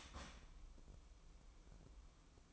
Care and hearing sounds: daily activity, microphone in the room; start toaster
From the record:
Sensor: 1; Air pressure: 1007.3 hPa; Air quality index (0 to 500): 77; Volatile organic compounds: 1 ppm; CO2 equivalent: 670 ppm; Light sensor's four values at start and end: 7/17/7/8 and 7/17/7/8

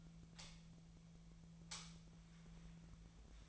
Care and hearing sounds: daily activity, microphone in the room; light on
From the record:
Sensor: 1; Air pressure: 1009.8 hPa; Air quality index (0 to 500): 190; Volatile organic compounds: 18 ppm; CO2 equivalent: 2612 ppm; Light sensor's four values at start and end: 35/88/37/44 and 46/132/54/61

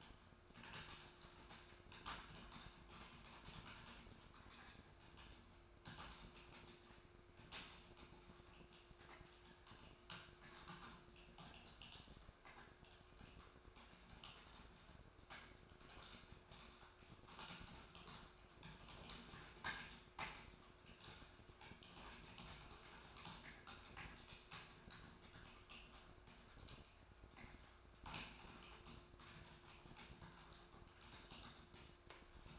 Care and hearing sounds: daily activity, microphone in the room; typing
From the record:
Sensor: 2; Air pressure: 1004.3 hPa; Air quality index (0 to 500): 188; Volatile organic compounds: 10 ppm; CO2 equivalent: 2250 ppm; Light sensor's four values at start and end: 4/11/4/4 and 4/11/4/4

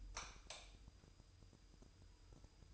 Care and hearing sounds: daily activity, microphone in the room; light off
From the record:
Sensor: 2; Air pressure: 988.3 hPa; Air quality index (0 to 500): 191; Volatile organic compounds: 183 ppm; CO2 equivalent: 4154 ppm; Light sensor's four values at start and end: 11/34/13/13 and 6/16/6/7

